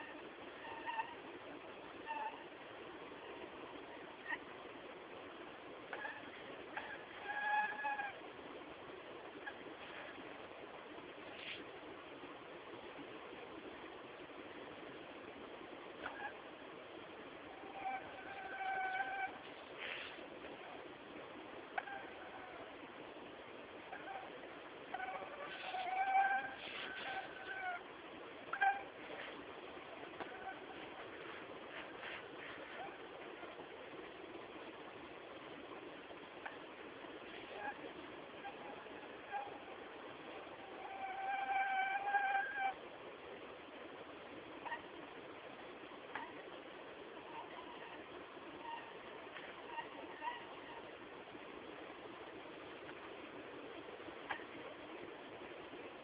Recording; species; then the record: mosquito flight sound by mobile phone; Anopheles minimus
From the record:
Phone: Samsung T209